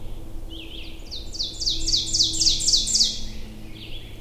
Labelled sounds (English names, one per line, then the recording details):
Ovenbird song
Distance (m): 10 m
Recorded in boreal forest in Alberta, Canada, on 22 June 2016 at 07:54
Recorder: SongMeter 3, array SBT-6-76
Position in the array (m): 154 m, 120 m
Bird 3